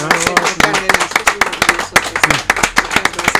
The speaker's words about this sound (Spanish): y los griegos inventaron el aplauso porque al frotar las palmas de las manos creas energía, y como eran callejeros, no cobraban, su aplauso era el pago de su público, y hacemos esto cada 8 días a los músicos que están presentes gracias.